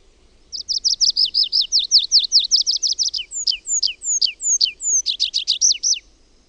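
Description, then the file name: Tree pipit singing bright repeated high notes in changing phrases, some slower sweeping ones, ending in a faster run of notes. "METSAKIRVINEN"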